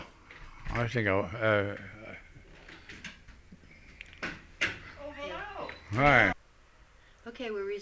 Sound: people can be heard entering the room

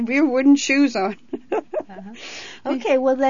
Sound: she laughs

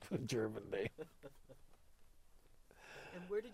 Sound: they laugh

